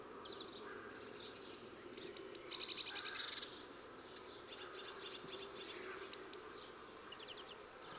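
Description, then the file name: Eurasian blue tit calls: several high thin notes sliding downward and buzzy churring phrases, partly overlapping, set against a steady background hiss. "Cyanistes caeruleus"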